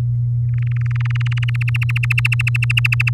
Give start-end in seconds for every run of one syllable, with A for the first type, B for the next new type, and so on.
0.54-1.44 A, 1.48-3.10 B